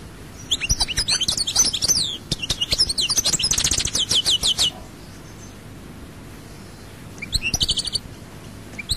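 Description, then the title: European goldfinch song, fast tinkling twitters and a rapid buzzy trill, a pause, then a brief final flourish. "Chant Chardonneret"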